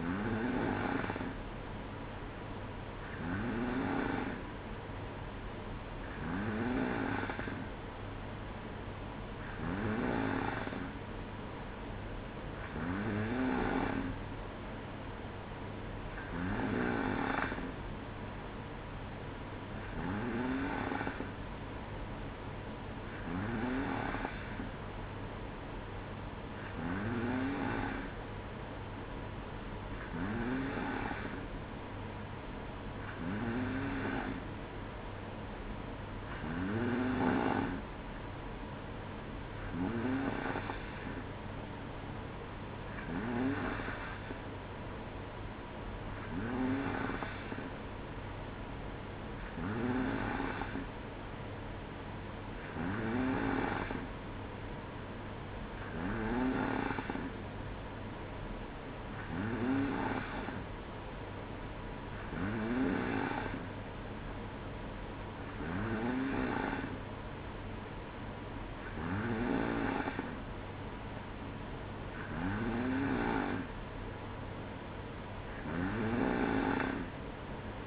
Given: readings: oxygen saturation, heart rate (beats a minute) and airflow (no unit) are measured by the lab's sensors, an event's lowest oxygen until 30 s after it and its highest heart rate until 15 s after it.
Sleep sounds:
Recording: breathing in sleep by a voice recorder at the bedside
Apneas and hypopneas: none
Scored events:
none scored
From the record:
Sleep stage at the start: N2 (light sleep)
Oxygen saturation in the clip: 93%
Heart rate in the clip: 59 to 62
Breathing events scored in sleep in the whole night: 305 in 9.6 hours asleep

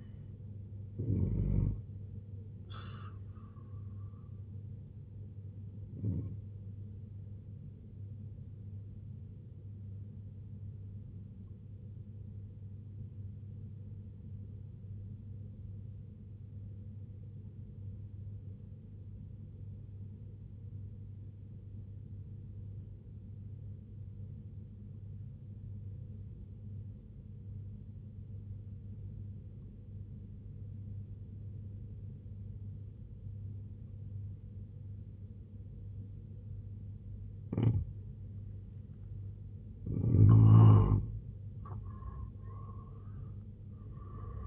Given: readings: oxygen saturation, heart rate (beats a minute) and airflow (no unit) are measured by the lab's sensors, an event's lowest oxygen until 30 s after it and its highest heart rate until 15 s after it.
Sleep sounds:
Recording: breathing in sleep by a smartphone at the bedside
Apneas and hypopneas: 1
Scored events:
9.00-38.50 s: hypopnea (N1, oxygen 95% highest, then 84% lowest, heart rate 70 at the start, 88 highest)
27.00-44.47 s: new sleep stage, N2 (light sleep)
From the record:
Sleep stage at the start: N1 (lightest sleep)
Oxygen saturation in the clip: 85 to 95%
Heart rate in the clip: 63 to 94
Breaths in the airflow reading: 5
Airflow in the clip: -8.7 to 9.6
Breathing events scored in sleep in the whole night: 258 in 7.4 hours asleep

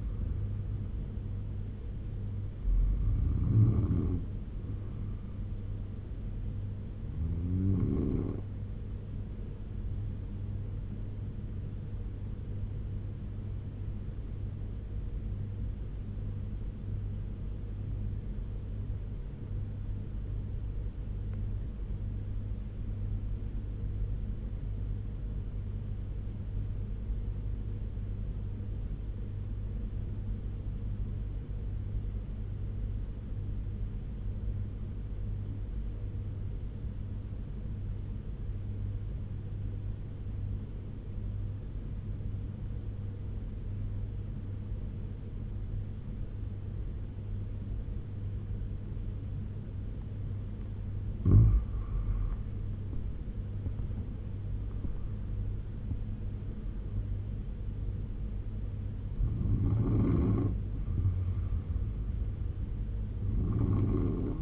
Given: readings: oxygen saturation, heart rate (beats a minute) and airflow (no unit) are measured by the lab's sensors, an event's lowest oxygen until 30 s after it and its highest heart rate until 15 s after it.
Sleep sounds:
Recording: breathing in sleep by a smartphone at the bedside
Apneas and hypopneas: 1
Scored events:
8.00-64.42 s: new sleep stage, N2 (light sleep)
16.00-52.00 s: obstructive apnea (N2, oxygen 96% highest, then 87% lowest, heart rate 77 at the start, 90 highest)
From the record:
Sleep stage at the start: N1 (lightest sleep)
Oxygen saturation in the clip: 87 to 97%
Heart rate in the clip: 68 to 90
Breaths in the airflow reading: 5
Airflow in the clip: -9.9 to 10.4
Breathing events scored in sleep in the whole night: 201 in 6.5 hours asleep

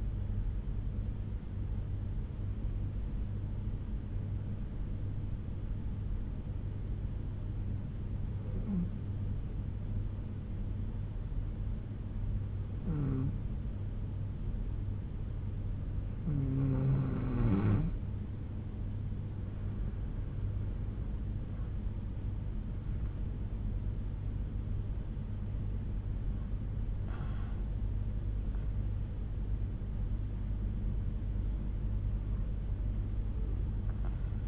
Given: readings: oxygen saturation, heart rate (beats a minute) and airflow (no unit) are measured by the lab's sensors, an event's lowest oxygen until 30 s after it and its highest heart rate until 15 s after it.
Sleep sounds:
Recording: breathing in sleep by a smartphone at the bedside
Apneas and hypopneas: 1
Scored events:
5.00-23.20 s: hypopnea (N3, oxygen 96% highest, then 91% lowest, heart rate 62 at the start, 72 highest)
From the record:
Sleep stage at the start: N3 (deep sleep)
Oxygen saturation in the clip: 91 to 96%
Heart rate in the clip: 62 to 72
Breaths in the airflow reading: 7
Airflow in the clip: -7.0 to 5.8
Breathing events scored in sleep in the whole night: 368 in 8.0 hours asleep

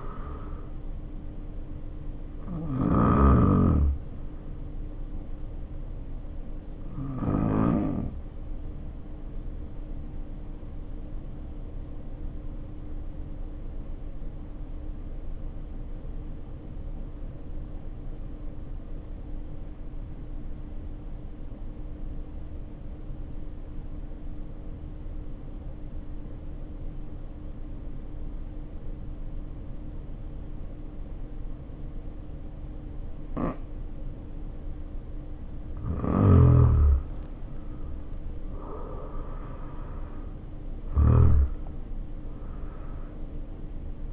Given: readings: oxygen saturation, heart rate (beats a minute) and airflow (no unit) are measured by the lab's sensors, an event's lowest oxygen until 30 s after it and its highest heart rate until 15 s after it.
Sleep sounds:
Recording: breathing in sleep by a smartphone at the bedside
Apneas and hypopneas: 1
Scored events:
4.00-44.12 s: new sleep stage, N1 (lightest sleep)
6.00-37.40 s: hypopnea (N1, oxygen 95% highest, then 77% lowest, heart rate 52 at the start, 74 highest)
From the record:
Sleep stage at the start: N2 (light sleep)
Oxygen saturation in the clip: 78 to 95%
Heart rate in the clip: 49 to 74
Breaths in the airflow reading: 6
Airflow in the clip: -5.5 to 5.5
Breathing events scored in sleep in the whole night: 520 in 7.2 hours asleep

